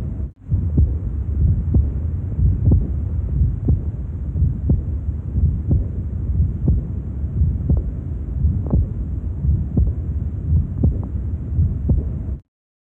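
Regular heartbeats at about 60 a minute, with a continuous low blowing sound filling the gaps between beats: an aortic regurgitation murmur in an adult, heard at the third intercostal space, where blood leaks back through the aortic valve during diastole.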